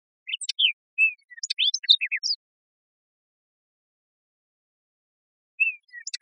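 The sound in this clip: Hooded oriole song: a quick jumble of high chattering, whistled and slurred notes lasting about two seconds, then a pause before a new phrase begins; no other sounds.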